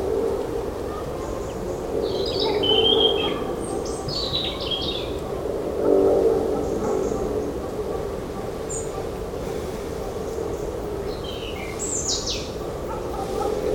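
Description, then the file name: European robin singing short, high, tumbling phrases that dip and rise, separated by pauses, above a constant low hum of noise. "Erithacus rubecula"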